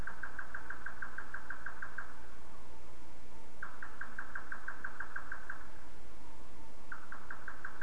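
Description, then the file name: Bird giving rapid runs of short repeated notes, three bursts separated by brief pauses, each run steady in pitch, with a constant low rumble beneath. "mainly bird"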